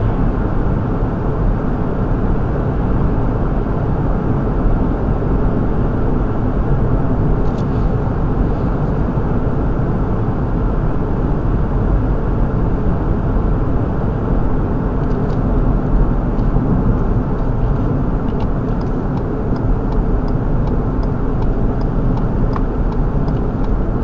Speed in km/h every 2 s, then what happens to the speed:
64, 64, 64, 64, 64, 63, 63, 61, 58, 56, 56, 56.
0-14 steady at about 64. 18-24 steady at about 56.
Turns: none.